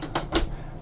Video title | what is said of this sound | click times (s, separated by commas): KSITEX Soap Dispenser Tidy Shower | all the hooks that it belongs in and that's it snapped in place that's done | 0.4 s